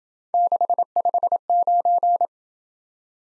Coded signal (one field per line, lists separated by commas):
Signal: Morse code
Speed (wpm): 28 wpm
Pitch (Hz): 700 Hz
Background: none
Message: 659